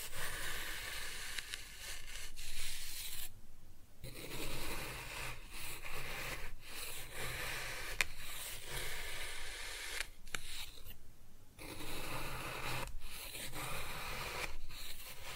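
Kinetic sand is cut and scooped in a steady, dense gritty rubbing, broken by brief pauses around four, ten and eleven seconds.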